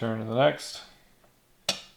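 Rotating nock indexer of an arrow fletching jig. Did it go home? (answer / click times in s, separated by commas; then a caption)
yes / 1.7 s. Someone talks while the rotating nock indexer of an arrow fletching jig is turned. At 1.7 s its detent gives a sharp, tick-like click as the nock receiver seats into the next fletching position.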